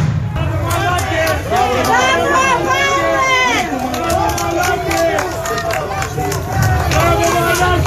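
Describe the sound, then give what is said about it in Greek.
A crowd claps in scattered, irregular bursts as police officers pass by, while many voices shout and cheer over a steady, loud hubbub throughout. “Περνούν οι αστυνομικοί και χειροκροτάει ο κόσμος.”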